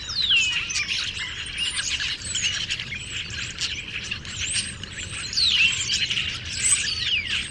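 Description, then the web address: Birds twittering in a dense chorus, with a few longer sweeping whistles among quick overlapping chirps. "Deverinetal 2025. Bird Only"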